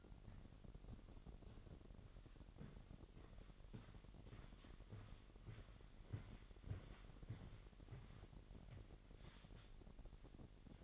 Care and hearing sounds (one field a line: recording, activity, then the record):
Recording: daily activity, microphone in the room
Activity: walk to room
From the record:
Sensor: 4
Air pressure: 1013.0 hPa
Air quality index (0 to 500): 239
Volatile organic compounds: 4 ppm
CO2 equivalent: 1592 ppm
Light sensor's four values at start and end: 27/64/26/27 and 33/80/33/32